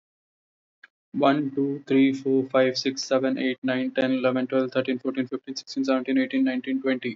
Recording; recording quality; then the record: counting at a fast pace; excellent, no background noise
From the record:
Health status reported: healthy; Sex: male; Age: 22 years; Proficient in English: yes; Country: India